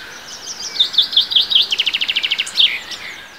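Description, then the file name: Common chaffinch singing one complete phrase: spaced sweet notes speeding into a rapid rattling trill and closing with a sharp flourish. "Fringilla coelebs"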